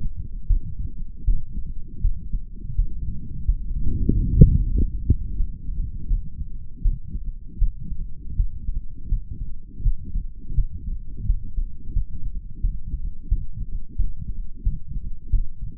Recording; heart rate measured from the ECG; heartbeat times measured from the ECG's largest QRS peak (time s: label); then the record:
heart sounds by stethoscope; 85 bpm
0.47 s: heartbeat
1.24 s: heartbeat
2.01 s: heartbeat
2.75 s: heartbeat
3.45 s: heartbeat
4.11 s: heartbeat
4.73 s: heartbeat
5.36 s: heartbeat
6.07 s: heartbeat
6.82 s: heartbeat
7.58 s: heartbeat
8.36 s: heartbeat
9.08 s: heartbeat
9.82 s: heartbeat
10.54 s: heartbeat
11.26 s: heartbeat
11.93 s: heartbeat
12.61 s: heartbeat
13.28 s: heartbeat
13.96 s: heartbeat
14.63 s: heartbeat
15.30 s: heartbeat
From the record:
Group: healthy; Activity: light exercise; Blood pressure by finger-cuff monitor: 117/72 mmHg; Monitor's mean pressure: 89 mmHg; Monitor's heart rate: 86 bpm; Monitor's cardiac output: 6.7 L/min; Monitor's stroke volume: 79 mL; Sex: male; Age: 35 years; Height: 178 cm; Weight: 64 kg